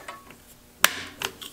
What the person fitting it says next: and that snaps it together and